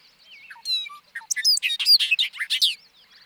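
Bobolink song: a few soft lead-in notes, then a rollicking tumble of bright, jangling, squeaky phrases lasting about two seconds.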